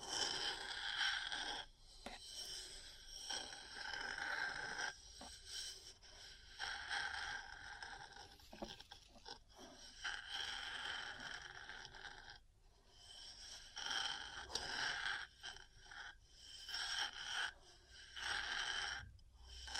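Metal parts scratching and tapping against each other in a near-constant, dense texture of bright scraping strokes. Sharp taps and clicks punctuate it irregularly, with short breaks around 2, 5, 12 and 15 seconds before the grinding scratches resume.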